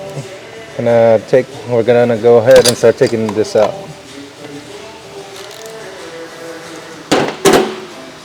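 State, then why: Torque reached. A torque wrench tightens a spark plug in the cylinder head of a 2018 Ford Fiesta during a spark plug replacement. Someone talks for the first few seconds, then a quieter stretch follows. The wrench clicks at its setting at 7.1 s and 7.5 s, confirming the plug is torqued to spec.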